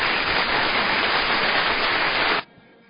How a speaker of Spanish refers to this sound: vamos a aplaudir.